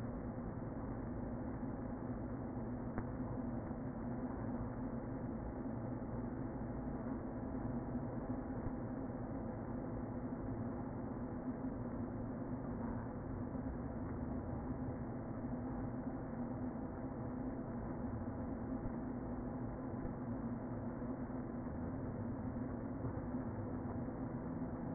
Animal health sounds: honeybee colony, microphone inside the hive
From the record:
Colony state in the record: queen present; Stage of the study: before two queens were removed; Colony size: about 60,000 bees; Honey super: yes

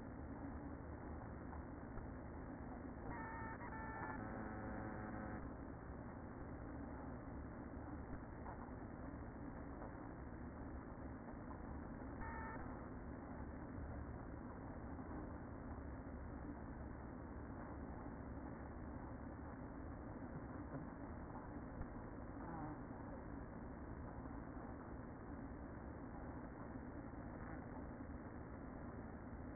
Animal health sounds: honeybee colony, microphone inside the hive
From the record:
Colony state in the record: queen present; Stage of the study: after two queens were removed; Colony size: about 60,000 bees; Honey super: yes

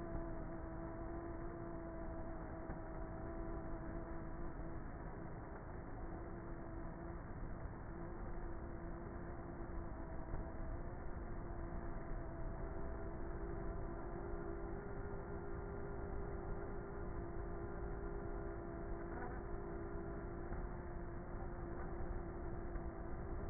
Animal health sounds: honeybee colony, microphone inside the hive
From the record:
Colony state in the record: queenless with a low population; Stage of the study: before two queens were removed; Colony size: about 30,000 bees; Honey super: no

